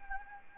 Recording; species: mosquito wingbeat signal from an infrared sensor; Anopheles gambiae